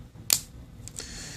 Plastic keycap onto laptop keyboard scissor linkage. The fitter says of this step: and just press straight down you'll hear it click